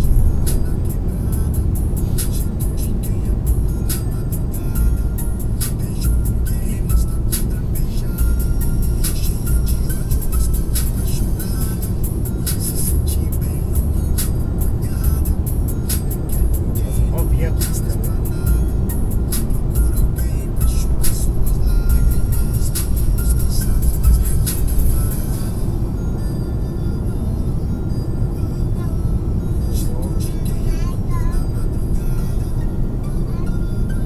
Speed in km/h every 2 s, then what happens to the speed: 95, 93, 89, 87, 87, 89, 94, 98, 102, 105, 105, 101, 98, 95, 93, 92, 91.
0-8 slows to 87. 8-20 speeds up to 105. 20-34 slows to 91.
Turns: none.